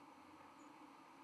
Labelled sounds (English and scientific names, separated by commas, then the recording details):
White-throated Sparrow (Zonotrichia albicollis) flight call
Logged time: 08:43 on 31 October 2014